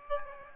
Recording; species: mosquito wingbeat signal from an infrared sensor; Aedes aegypti